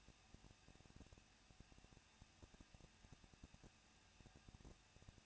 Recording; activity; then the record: daily activity, microphone in the room; no activity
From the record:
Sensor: 2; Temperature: 21.0 degrees Celsius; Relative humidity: 37.3%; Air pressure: 1006.5 hPa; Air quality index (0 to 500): 220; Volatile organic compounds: 23 ppm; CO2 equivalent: 2770 ppm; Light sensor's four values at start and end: 2/3/2/2 and 2/3/2/2